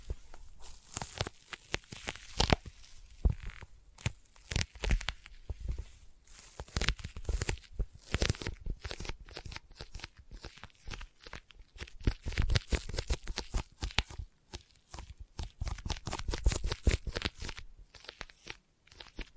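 Sticky tapping fills the recording: rapid, irregular taps with a tacky, peeling quality, each a sharp crackling snap across low and bright tones. The bursts come densely throughout, some louder peaks near 2.5 and 16 seconds, with brief gaps between clusters.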